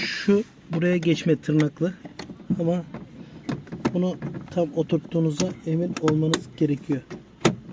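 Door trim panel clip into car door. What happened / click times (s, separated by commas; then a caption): The trim panel is being handled but has not clipped home yet / none. Someone talks while handling the inner door trim panel of a 2005 Renault Modus 1.4 during a right front door window regulator repair, lining up its push-in retaining tabs against the door. A few brief, sharp handling knocks are heard, around 3.5 to 3.7 seconds and again near 7.5 seconds. Nothing has seated or clicked home yet.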